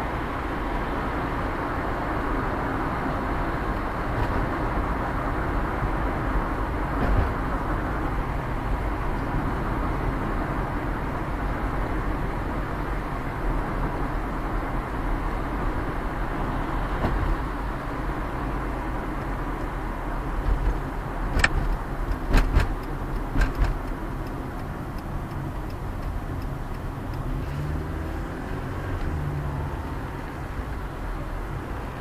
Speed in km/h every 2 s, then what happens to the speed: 19, 24, 28, 31, 36, 38, 39, 39, 39, 38, 34, 27, 24, 29, 33, 36.
0-10 speeds up to 38. 10-19 steady at about 39. 19-23 brakes to 24. 23-32 speeds up to 36.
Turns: none.